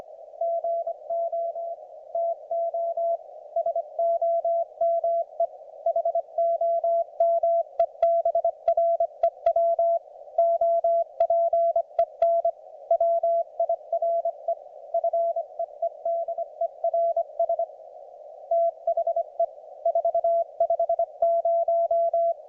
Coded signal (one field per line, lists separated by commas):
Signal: Morse code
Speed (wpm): 24 wpm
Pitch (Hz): 690 Hz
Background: none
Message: GO TO SOME HOMEBREW OPEN WIRE FEEDERS THE 450